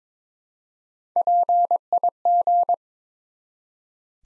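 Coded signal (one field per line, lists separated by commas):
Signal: Morse code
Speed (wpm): 22 wpm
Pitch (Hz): 700 Hz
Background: none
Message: PIG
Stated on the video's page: 22 wpm Morse drill building three-letter words one letter at a time.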